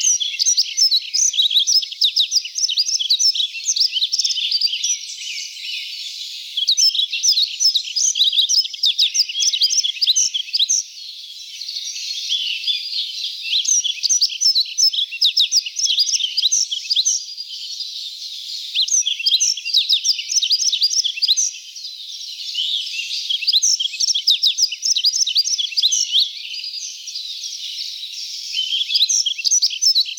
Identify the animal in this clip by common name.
Yellow-throated Bunting